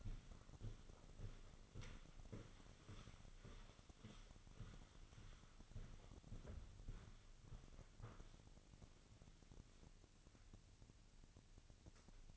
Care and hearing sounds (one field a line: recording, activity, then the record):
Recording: daily activity, microphone in the room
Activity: walk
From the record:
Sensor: 4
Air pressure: 1010.1 hPa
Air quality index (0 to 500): 173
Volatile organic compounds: 2 ppm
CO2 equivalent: 1258 ppm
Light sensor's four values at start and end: 60/148/62/68 and 60/149/63/69